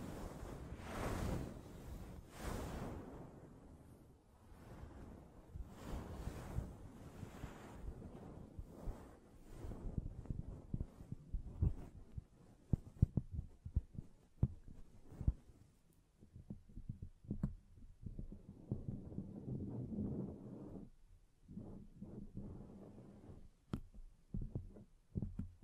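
Hands brush and rub against a microphone in rough, muffled sweeps, then give way to sparser taps and soft scratches toward the end.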